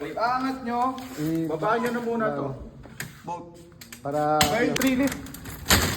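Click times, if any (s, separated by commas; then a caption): none. Someone talks while handling a folding leg on a foldable unit, getting it ready to lock into the frame. A sharp tap is heard near 5.7 s, but the leg has not seated or clicked into place yet.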